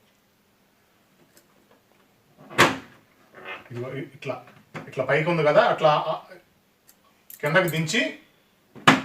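The hinged plastic front cover of an indoor split AC unit, closed after refitting the filters, is lowered and pressed into the unit housing while someone talks. A single sharp, loud knock at 8.9 s marks the cover latching shut. The cover must lock this way because an unlocked cover makes the AC noisy when it runs.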